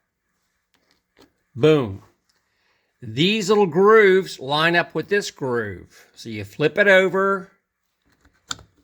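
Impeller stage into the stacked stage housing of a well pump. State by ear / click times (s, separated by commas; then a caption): seated / 8.5 s. An impeller stage of a well pump, being reassembled, is lined up so its small grooves match a groove in the stacked stage housing, then flipped over and pressed together while someone talks. A sharp click at 8.5 s marks the stage locking into the groove, seated in place.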